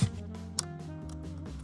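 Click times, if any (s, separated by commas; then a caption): 0.6 s. A paddle shifter part's prongs and yellow clip are pushed into the steering wheel of a 2022+ Audi during a paddle shifter install, with music playing in the background. A single sharp, loud snap is heard at 0.6 s as the clip seats in the steering wheel.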